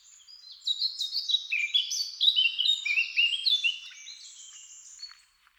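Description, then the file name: Eurasian blackcap song: a dense, rapid warble of mixed fluty and scratchy notes, rising in loudness and then fading away. "Sylvia atricapilla"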